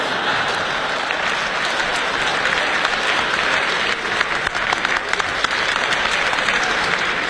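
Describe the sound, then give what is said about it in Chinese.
Sustained applause from an audience, a dense, steady wash of many hands clapping at an even loudness for several seconds, with no voices standing out above it. “谢谢大家的掌声，谢谢。”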